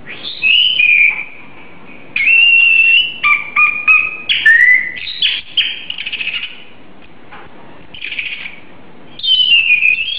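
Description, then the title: Oriental magpie-robin singing loud, clear whistled phrases, some steady and some wavering, with brief gaps between bursts. "Kicau Kacer"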